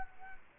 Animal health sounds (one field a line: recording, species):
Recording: mosquito wingbeat signal from an infrared sensor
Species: Culex quinquefasciatus